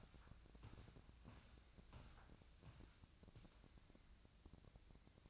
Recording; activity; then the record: daily activity, microphone in the room; walk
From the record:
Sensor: 2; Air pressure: 1012.0 hPa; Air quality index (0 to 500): 172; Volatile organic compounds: 2 ppm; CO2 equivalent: 1254 ppm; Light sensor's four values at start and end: 44/118/50/55 and 46/120/51/57